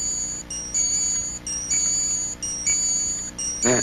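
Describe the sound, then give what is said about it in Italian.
A Japanese alarm clock, found in an Easter egg, rings with a shrill, high electronic beeping, repeating in steady bursts separated by short gaps, ending with a brief rattle of noise. “È un orologio giapponese, l'ho trovato nell'uovo di Pasqua che mi ha regalato una mia amica,”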